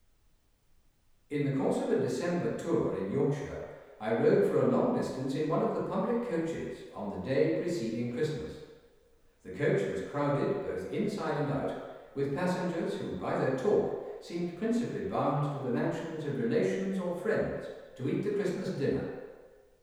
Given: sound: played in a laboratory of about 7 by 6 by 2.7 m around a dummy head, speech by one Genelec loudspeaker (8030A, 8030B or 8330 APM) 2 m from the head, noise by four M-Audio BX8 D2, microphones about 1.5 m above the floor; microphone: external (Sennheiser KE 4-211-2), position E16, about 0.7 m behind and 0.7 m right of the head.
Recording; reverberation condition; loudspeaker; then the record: male speech in English; high; 60 degrees to the left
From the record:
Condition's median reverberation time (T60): about 1300 ms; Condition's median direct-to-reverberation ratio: about -4.0 dB